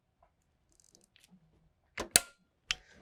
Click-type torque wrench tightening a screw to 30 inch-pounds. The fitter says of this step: when the wrench clicks I know I've got my 30inch lounds